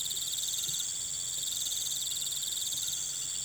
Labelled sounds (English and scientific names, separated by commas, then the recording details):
none
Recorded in pastures near Puerto Asís, Putumayo, Colombia, on 23 June 2025 at 18:30
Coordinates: 0.486, -76.323
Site H29